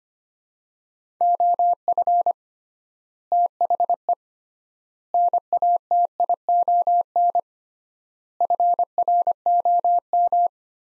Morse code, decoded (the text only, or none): OF THE NATION FROM